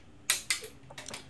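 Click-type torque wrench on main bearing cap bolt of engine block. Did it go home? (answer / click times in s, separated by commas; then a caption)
yes / 0.3 s. A click-type torque wrench tightens a main bearing cap bolt on an engine block to 22 ft-lb, and it clicks sharply at 0.3 s when the setting is reached. A second softer click follows at about 0.5 s, then a few faint ticks near 1.0–1.1 s.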